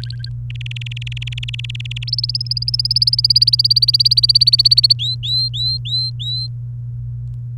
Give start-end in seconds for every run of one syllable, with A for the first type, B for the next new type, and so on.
0.00-0.29 A, 0.50-2.04 B, 2.07-4.93 C, 4.99-6.47 D